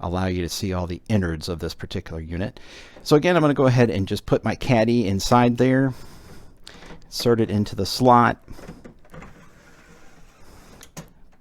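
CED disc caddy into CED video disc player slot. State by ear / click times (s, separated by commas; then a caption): seated / 10.8 s, 11.0 s. Someone talks while a plastic CED disc caddy is pushed into the front loading slot of a Realistic VIP 1000 CED video disc player. Faint handling noise follows, then a sharp double hit at 10.8 s and 11.0 s as the caddy clicks and latches into the player.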